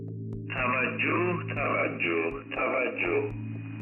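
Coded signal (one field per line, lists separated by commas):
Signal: numbers station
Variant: V32, Persian language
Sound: muffled radio voice speaking short evenly spaced words over steady low hum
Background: radio hum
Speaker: The message opened with the same three Persian words: “tavajjoh, tavajjoh, tavajjoh.”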